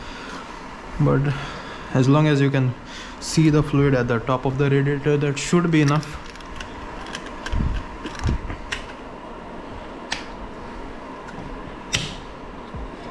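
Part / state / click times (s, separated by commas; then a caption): radiator pressure cap onto motorcycle radiator filler neck / seated / 10.1 s, 12.0 s. Someone talks as the pressure cap is pressed down and twisted closed onto the filler neck of a refilled Ninja 650 motorcycle radiator. After a few handling sounds, the cap passes two detents with two sharp clicks at 10.1 s and 12.0 s, showing it is seated and tight.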